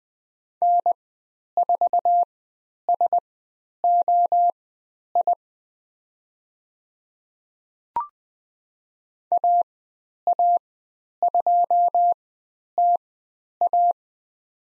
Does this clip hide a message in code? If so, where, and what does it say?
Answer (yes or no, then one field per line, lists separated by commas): yes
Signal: Morse code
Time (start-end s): 0.6-13.9 s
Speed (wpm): 20 wpm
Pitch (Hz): 700 Hz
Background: none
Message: N4SOI AA2TA